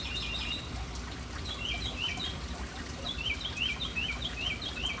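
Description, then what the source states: Birds giving quick repeated chirps in rapid series over a constant wash of water. City birds hanging around an urban fountain.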